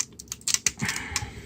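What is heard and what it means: A plastic foot or leg part is slid onto a joint of a transforming Machine Robo DX Bike Robo toy robot during its transformation. Light, scattered plastic clicks and handling taps are heard, with sharp ticks near 0.5 s and 0.7 s. The part has not snapped into place yet; nothing has seated or clicked home.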